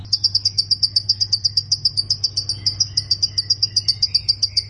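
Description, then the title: Plain prinia song, a fast run of high, sharp chirps over a steady low hum. "Ciblek Sawah"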